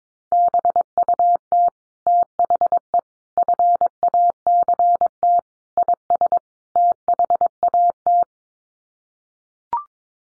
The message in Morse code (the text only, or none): BUT THE FACT IS THAT